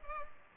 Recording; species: mosquito wingbeat signal from an infrared sensor; Culex pipiens